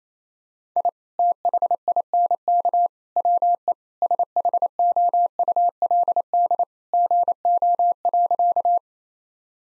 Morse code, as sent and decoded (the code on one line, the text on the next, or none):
.. / - .... .. -. -.- / .-- . / ... .... --- ..- .-.. -.. / --. --- .-.-.-
I THINK WE SHOULD GO.